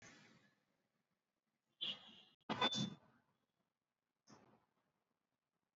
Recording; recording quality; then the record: deep breathing; moderate, slight background noise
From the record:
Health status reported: exposed to COVID-19, no respiratory illness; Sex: female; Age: 32 years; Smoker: no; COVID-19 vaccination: both doses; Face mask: worn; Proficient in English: yes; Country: India